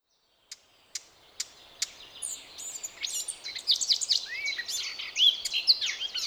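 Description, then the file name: Eurasian blackcap song, opening with four sharp clicks about half a second apart, then a quiet chattering warble that builds into louder, clear fluty whistles. "Sylvia atricapilla"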